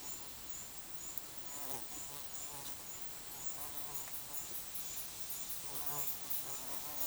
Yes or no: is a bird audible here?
no